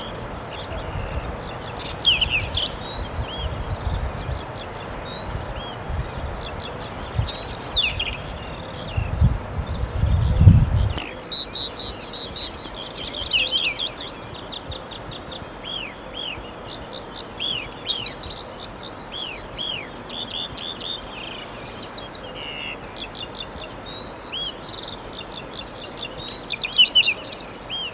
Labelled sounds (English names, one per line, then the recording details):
Whinchat song
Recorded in the wild
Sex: male
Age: adult
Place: Radenthein, Gegendtal, Kärnten, AT
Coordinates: 46.8, 13.7
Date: 1971-05-14
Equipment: Uher 4100 Report-V, Sennheiser MKH 804
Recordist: Brunner, Thomas